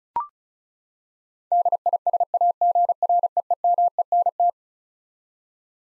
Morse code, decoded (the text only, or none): DISAGREEMENT